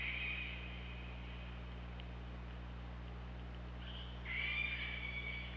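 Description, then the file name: Orca calls, two buzzy harmonic calls, one at the start and a louder one near the end, separated by steady low hum. Recorded by OrcaLab hydrophone underwater, 24 August 2017, around 19:00. "Orca Lab UTLN JASON 20170824 190028"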